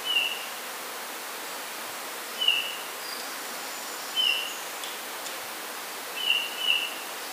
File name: Pyrrhula pyrrhula